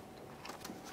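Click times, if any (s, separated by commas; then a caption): 0.5 s, 0.7 s. The plastic quick-connect fitting of the fuel tank vapor line is slid onto the top port of the charcoal canister on a 2007-2014 Chevrolet Silverado 2500 HD. Over a low steady background, two short clicks sound at 0.5 s and 0.7 s as the connector seats and locks on.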